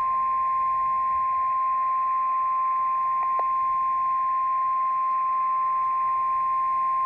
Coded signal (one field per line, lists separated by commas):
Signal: Emergency Alert System (SAME) tones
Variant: 1050 Hz attention tone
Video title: SVR 6/21/16 - EAS #8